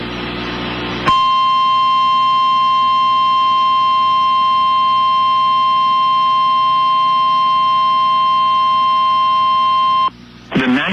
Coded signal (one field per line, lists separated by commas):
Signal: Emergency Alert System (SAME) tones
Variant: 1050 Hz attention tone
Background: speech